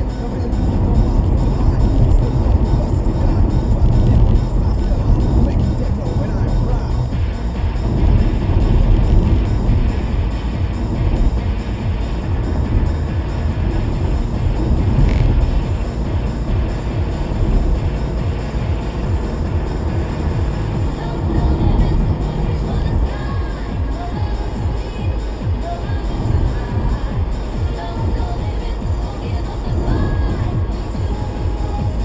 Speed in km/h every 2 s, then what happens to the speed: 90, 92, 92, 93, 92, 90, 92, 93, 97, 98, 101, 98, 98, 98, 98, 100.
0-32 speeds up to 100.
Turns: none.